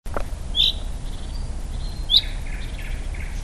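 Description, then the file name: Common chaffinch uttering two brief, bright high call notes about one and a half seconds apart, with faint softer chirps after and constant low background hum. "Fringilla coelebs"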